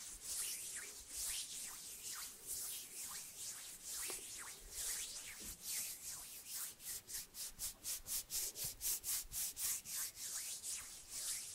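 Hands brush and flutter around the mic in hissy, rubbing swipes, a couple of sharp snaps near the middle, then fast, even fluttering pulses.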